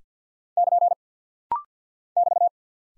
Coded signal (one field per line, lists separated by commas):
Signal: Morse code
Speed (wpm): 48 wpm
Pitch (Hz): 700 Hz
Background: none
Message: <KN> <BT>